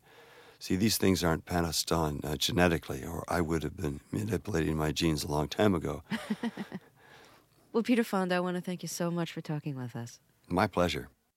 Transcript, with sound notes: See; these things aren't passed on genetically or I would have been manipulating my genes a long time ago.
(Laughter) Well, Peter Fonda, I want to thank you so much for talking with us.
My pleasure.